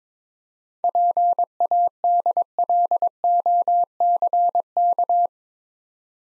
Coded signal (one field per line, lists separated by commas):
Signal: Morse code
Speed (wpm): 22 wpm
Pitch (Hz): 700 Hz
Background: none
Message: PADLOCK